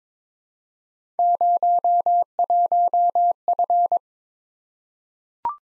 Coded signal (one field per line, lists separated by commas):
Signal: Morse code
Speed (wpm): 22 wpm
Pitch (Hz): 700 Hz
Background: none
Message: 01F